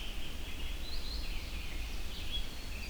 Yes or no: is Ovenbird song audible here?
no